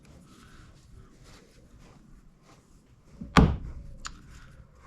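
A paper oil filter element, fitted with new O-rings, is pushed onto the plastic filter housing cap of a Mk2 Skoda Fabia 1.6 TDI during an oil service. After quiet handling noise, a sharp, loud click at 3.4 s shows the element seating into the cap, followed by a fainter tap near 4.1 s. Someone talks, and the element is confirmed seated.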